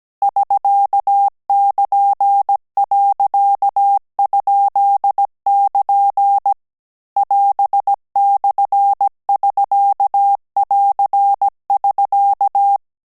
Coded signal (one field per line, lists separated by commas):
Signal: Morse code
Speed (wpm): 17 wpm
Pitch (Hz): 800 Hz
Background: none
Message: <SK><KN>.?<KN> <AS>/<SK><AR><SK>